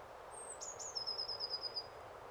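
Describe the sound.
Eurasian blue tit giving one phrase: a thin, very high falling note, two quick slurred notes, then a rapid ringing trill lasting about a second, with a constant rushing background hum.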